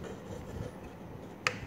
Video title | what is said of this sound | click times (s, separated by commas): JJ Prime REVIEWS: Transformers Power Of The Primes Leader OPTIMAL OPTIMUS! | there we go that's a soft click into place just bring this down there's a soft click into place | 1.5 s